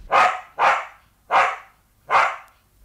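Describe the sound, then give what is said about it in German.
A small white terrier named Nipper barks four times in a steady rhythm, each bark sharp, bright and mid-pitched, with short pauses between and no voices. “Ja, ein Hund, ein weißer Terrier, der auf den Namen Nipper hörte.”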